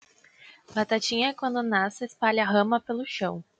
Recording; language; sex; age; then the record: short text; Brazilian Portuguese; female; 20 to 29 years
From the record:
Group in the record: control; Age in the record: 24 years